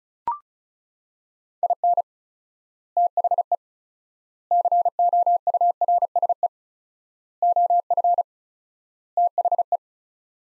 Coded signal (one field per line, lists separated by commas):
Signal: Morse code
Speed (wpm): 36 wpm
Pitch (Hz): 700 Hz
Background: none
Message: IN THE COURSE OF THE